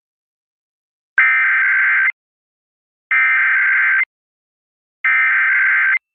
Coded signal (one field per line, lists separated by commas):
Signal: Emergency Alert System (SAME) tones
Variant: header bursts